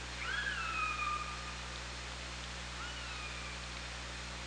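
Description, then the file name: Killer whale call, a drawn-out tonal whistle with a clear harmonic that rises then falls, about a second long, a fainter similar call near three seconds, over steady hiss and low hum. Recorded on the OrcaLab hydrophone on 24 August 2017 at 17:23. "Orca Lab UTLN JASON 20170824 172300"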